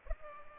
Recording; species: mosquito wingbeat signal from an infrared sensor; Culex pipiens